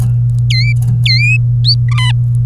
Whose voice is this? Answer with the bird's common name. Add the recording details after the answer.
Domestic Canary. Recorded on 24 April 2018 at 07:51. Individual llb3